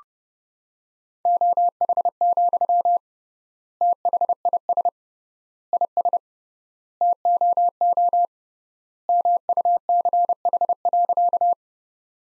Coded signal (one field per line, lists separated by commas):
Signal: Morse code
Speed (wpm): 29 wpm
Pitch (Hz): 700 Hz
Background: none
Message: OH, THIS IS TOO MUCH.